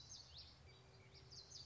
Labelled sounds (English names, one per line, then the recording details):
Common Yellowthroat
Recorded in Sonoma County, California